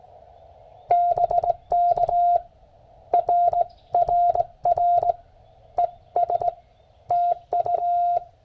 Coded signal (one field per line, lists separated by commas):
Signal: Morse code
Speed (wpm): 18 wpm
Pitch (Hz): 700 Hz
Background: none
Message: BK RRR ES TU